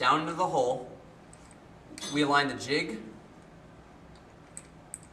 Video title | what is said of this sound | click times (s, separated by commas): Polymer 2 - Impact Testing | the notch in the sample until they're firmly locked into place and | 4.6 s, 4.9 s